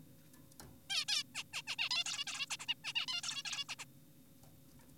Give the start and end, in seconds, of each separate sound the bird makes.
0.90-1.05, 1.08-1.23, 1.35-1.43, 1.53-1.62, 1.67-1.76, 1.79-1.89, 1.91-2.04, 2.06-2.25, 2.27-2.46, 2.50-2.57, 2.60-2.66, 2.68-2.74, 2.84-2.93, 2.96-3.06, 3.08-3.21, 3.24-3.43, 3.45-3.65, 3.69-3.76, 3.79-3.84, 4.79-4.84